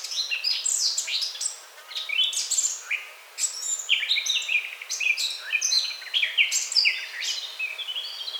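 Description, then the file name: Eurasian blackcap singing a continuous, dense warble of quick twittering notes and brief pauses, with scratchy and clearer fluty elements. "Sylvia atricapilla"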